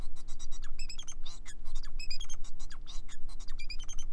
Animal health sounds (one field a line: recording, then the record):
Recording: song of a male Bengalese finch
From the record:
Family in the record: son of father 4